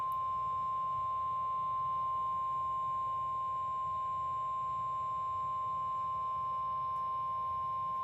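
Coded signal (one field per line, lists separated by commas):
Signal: Emergency Alert System (SAME) tones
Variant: 1050 Hz attention tone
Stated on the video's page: Severe thunderstorm warning tones from NWS Houston/Galveston, Texas.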